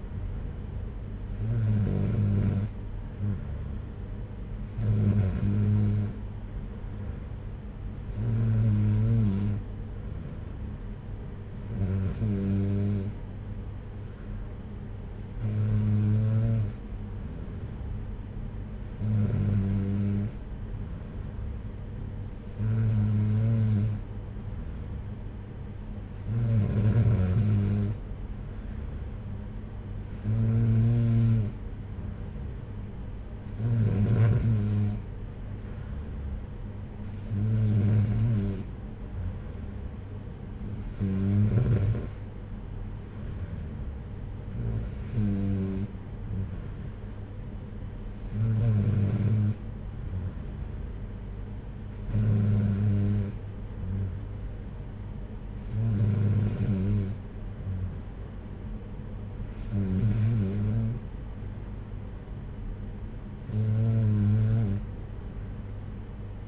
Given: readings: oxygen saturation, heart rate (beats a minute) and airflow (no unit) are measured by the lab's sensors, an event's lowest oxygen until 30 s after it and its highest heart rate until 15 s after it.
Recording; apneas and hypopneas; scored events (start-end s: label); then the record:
breathing in sleep by a smartphone at the bedside; none
none scored
From the record:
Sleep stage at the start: N3 (deep sleep); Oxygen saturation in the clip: 93 to 94%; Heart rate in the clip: 59 to 66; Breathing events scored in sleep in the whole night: 226 in 8.8 hours asleep